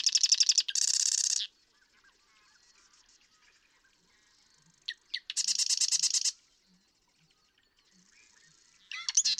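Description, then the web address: Marsh Wren song, repeated: harsh, fast, reeling rattles at the start, middle and end, with quiet gaps between. "birdsongforthecurious Marsh Wren"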